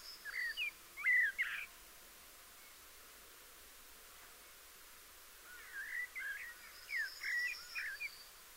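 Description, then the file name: Eurasian blackbird with a fluty warbled phrase, a pause of several seconds, then a longer string of rapid twittering and slurred notes. "Turdus merula"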